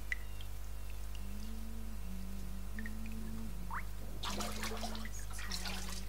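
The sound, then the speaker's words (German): Hot, foamy water sloshes and splashes in a bathtub in a burst of bright, crackling movement over the last couple of seconds, preceded by a steady low hum and a faint droning tone. “Zu Hause legte sich Nancy in die Badewanne, hielt die Augen geschlossen und hoffte, das heiße, schaumige Wasser würde all ihren Kummer fortspülen.”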